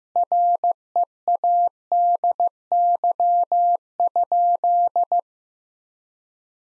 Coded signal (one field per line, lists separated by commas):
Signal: Morse code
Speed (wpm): 16 wpm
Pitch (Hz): 700 Hz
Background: none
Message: READY?